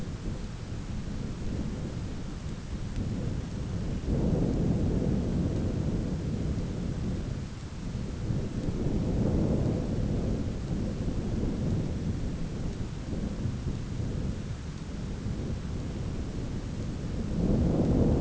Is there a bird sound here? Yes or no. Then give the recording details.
no. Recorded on Arctic tundra, site ZACK-1, on 9 June 2019. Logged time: 13:49